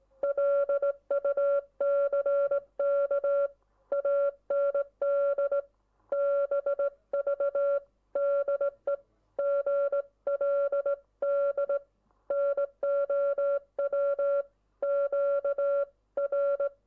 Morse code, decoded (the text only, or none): LUCK AND BV DE GLD NOW QR